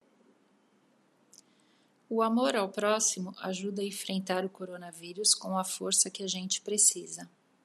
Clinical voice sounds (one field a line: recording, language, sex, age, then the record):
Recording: spoken sentence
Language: Brazilian Portuguese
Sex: female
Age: 50 to 59 years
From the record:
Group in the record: control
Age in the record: 51 years